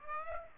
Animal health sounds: mosquito wingbeat signal from an infrared sensor; Aedes aegypti

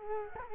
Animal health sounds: mosquito wingbeat signal from an infrared sensor; Culex quinquefasciatus

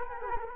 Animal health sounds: mosquito wingbeat signal from an infrared sensor; Culex quinquefasciatus

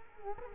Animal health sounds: mosquito wingbeat signal from an infrared sensor; Culex quinquefasciatus

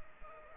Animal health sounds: mosquito wingbeat signal from an infrared sensor; Culex pipiens

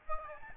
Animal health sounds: mosquito wingbeat signal from an infrared sensor; Aedes albopictus

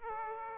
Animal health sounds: mosquito wingbeat signal from an infrared sensor; Aedes aegypti

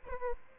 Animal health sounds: mosquito wingbeat signal from an infrared sensor; Aedes albopictus

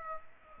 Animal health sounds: mosquito wingbeat signal from an infrared sensor; Aedes aegypti

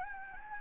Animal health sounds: mosquito wingbeat signal from an infrared sensor; Anopheles gambiae

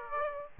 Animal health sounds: mosquito wingbeat signal from an infrared sensor; Aedes aegypti

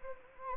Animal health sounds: mosquito wingbeat signal from an infrared sensor; Anopheles gambiae

